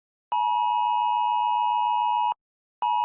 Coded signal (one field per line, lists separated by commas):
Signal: Emergency Alert System (SAME) tones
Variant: 853 and 960 Hz attention tone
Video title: EAS Mock - Just Another Wednesday